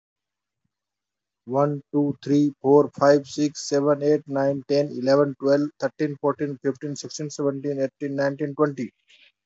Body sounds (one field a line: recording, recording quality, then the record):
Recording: counting at a fast pace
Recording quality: poor, much background noise or distortion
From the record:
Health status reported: healthy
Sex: male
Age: 43 years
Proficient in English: no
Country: India